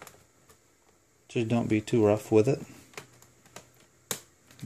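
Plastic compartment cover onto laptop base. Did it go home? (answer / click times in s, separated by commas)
yes / 4.1 s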